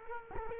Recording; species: mosquito wingbeat signal from an infrared sensor; Culex quinquefasciatus